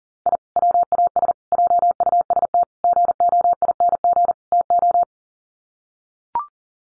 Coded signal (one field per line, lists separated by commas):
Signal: Morse code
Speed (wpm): 40 wpm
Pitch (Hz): 700 Hz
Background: none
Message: I WAS JUST GOING TO